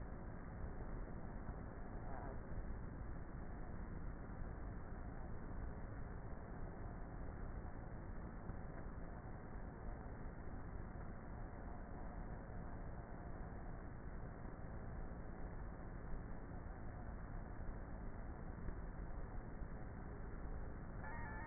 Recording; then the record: honeybee colony, microphone inside the hive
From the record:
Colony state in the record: queenless with a low population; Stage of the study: before two queens were removed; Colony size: about 30,000 bees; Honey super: no